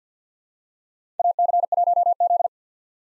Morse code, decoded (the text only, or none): AC1Z